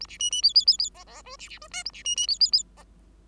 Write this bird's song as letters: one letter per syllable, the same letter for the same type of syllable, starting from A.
A B C C D D D D E E F B B F G A B C C D D D E